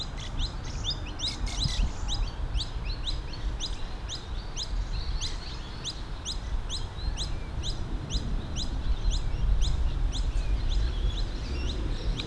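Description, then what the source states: Little lorikeet shrill, buzzy call notes repeated rapidly, a continuous chattering over a constant low background rumble. Recorded at Elster Creek.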